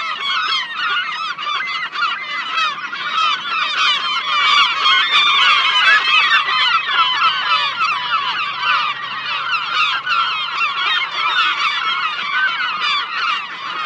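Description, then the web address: Gulls in a large noisy flock, a relentless wall of harsh yelping calls that builds toward the middle and stays dense. "seagulls"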